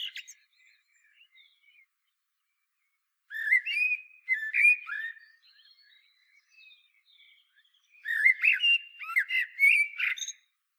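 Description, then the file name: Common blackbird song: several mellow warbled phrases mixed with high squeaky twittering, separated by quieter pauses. "Turdus merula"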